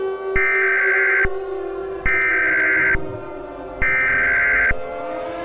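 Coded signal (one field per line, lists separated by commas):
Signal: Emergency Alert System (SAME) tones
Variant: header bursts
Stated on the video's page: Fictional alert scenario for entertainment, not a real broadcast; tones may or may not be valid.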